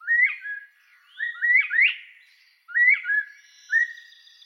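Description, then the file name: Northern bobwhite whistles, short low notes rising into sharp upslurred notes, repeated in quick groups; thin high steady tones behind. "canto da perdiz da virginia"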